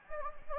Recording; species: mosquito wingbeat signal from an infrared sensor; Anopheles gambiae